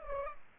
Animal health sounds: mosquito wingbeat signal from an infrared sensor; Culex pipiens

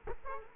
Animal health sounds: mosquito wingbeat signal from an infrared sensor; Culex quinquefasciatus

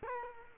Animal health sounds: mosquito wingbeat signal from an infrared sensor; Culex quinquefasciatus

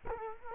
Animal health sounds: mosquito wingbeat signal from an infrared sensor; Culex quinquefasciatus

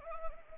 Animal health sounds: mosquito wingbeat signal from an infrared sensor; Anopheles arabiensis

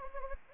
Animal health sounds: mosquito wingbeat signal from an infrared sensor; Anopheles gambiae

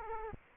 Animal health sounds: mosquito wingbeat signal from an infrared sensor; Aedes aegypti

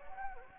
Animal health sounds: mosquito wingbeat signal from an infrared sensor; Anopheles gambiae

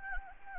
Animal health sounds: mosquito wingbeat signal from an infrared sensor; Anopheles gambiae

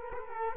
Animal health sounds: mosquito wingbeat signal from an infrared sensor; Culex quinquefasciatus

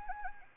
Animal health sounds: mosquito wingbeat signal from an infrared sensor; Anopheles arabiensis

